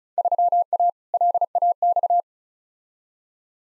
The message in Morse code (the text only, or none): 3A LAX